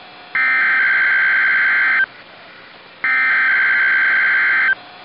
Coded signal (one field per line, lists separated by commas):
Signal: Emergency Alert System (SAME) tones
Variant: header bursts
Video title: Christmas Required Weekly Tests - 12/25/19 - EAS #1